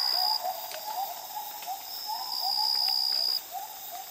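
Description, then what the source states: Gibbon giving fast, repeated upswept hoots, overlapping a sustained shrill insect tone that starts, pauses and returns. Calm dawn chorus in the rainforest jungles of Borneo, with insects and soft fog drip.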